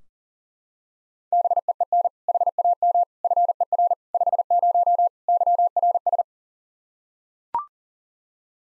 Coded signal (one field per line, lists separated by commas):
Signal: Morse code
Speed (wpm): 37 wpm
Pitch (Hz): 700 Hz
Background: none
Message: BEEN HAM FER 50 YRS